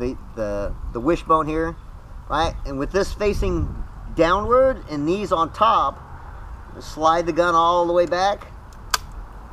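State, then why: Seated. Someone talks while sliding a spear shaft all the way back into a speargun, with the wishbone facing downward. A sharp click at 8.9 seconds marks the shaft locking into the trigger mechanism, and it is seated.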